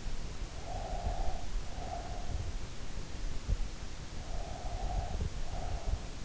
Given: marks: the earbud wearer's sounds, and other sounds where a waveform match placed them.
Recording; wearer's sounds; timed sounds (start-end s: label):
sounds in sleep by an in-ear microphone; breath
0.24-2.83 s: breath
4.32-6.25 s: breath